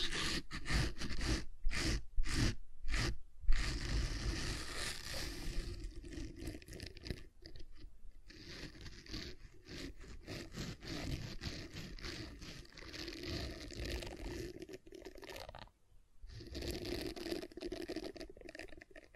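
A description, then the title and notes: Gentle silicon sounds: soft crinkling, scraping and squishing handled in an uneven, continuous stream. The first few seconds carry louder, sharper bursts in a quick rhythm, then the handling settles into quieter rubbing with brief pauses near 7.5 and 16 seconds. ASMR Gentle Silicon Sounds for Sleep (No Talking).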